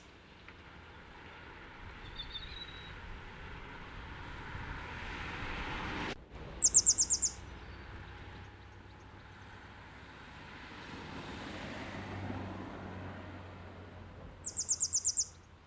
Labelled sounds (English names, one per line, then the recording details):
Grey Wagtail song
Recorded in the wild
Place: Sötern, Saarland, DE
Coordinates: 49.5947, 7.065
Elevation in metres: 419
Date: 1973-06-15
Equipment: Nagra IV, Sennheiser MKH 405, Parabolreflektor
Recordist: Tretzel, Erwin